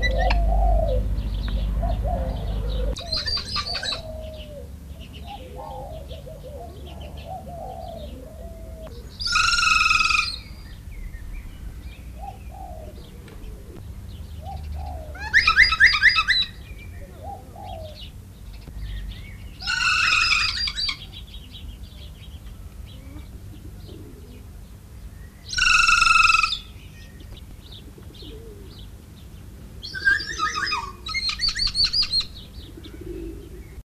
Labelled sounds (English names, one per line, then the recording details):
Kea call
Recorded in captivity
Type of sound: call
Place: Zoo Zürich, CH
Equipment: Halbspur, 9,5 cm/s
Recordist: Lütgens, Hans
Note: Rufe. Tiere aus eigener Zucht